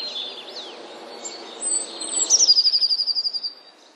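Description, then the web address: Eurasian blue tit calls: a few high thin notes followed by a quick, evenly pulsed trill of about a dozen sharp notes, over soft background hiss. "wroblowe teka modraszkoteka"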